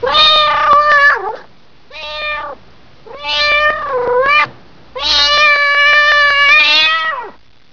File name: CAT